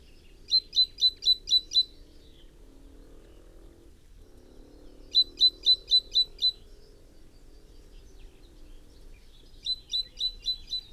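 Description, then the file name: Great tit calling in three bursts of five or six sharp, high notes, roughly every four to five seconds, over low background noise. "Parus major"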